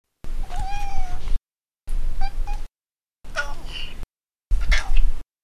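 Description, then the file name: Cat meows, four short calls with gaps between, the first a level drawn-out meow, later ones rougher and breathier, almost chirping. "fang meows"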